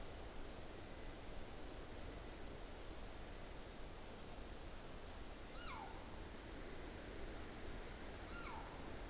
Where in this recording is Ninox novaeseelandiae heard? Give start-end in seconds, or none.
5.43-5.92, 8.13-8.62